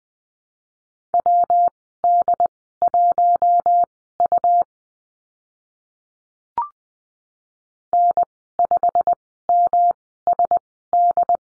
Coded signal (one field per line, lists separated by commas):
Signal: Morse code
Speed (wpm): 20 wpm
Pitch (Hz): 700 Hz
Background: none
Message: WD1U N5MSD